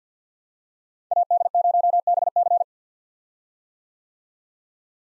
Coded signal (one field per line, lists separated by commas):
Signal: Morse code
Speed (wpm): 50 wpm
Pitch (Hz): 700 Hz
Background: none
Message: AD0BC